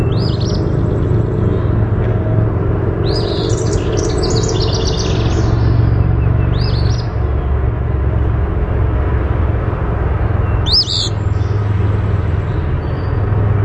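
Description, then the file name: Eastern phoebe singing short, high two-part phrases a few seconds apart, mixed with other chirpy notes over a steady, loud low rumble like traffic. "EAPH song"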